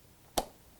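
A memory module is pressed into a motherboard DIMM slot, and its end retention clip snaps shut with a single sharp, bright click at 0.4 s against a quiet background. The module is seated.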